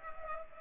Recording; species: mosquito wingbeat signal from an infrared sensor; Culex pipiens